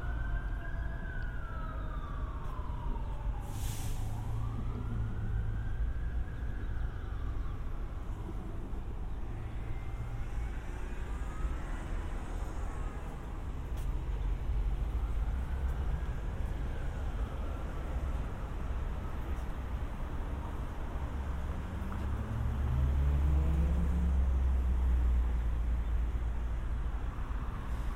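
A walk through city streets with a steady low rumble of traffic throughout. A siren wails and sweeps up and down in the first few seconds, and a heavy vehicle passes louder near the end, with brief clanks and thumps between.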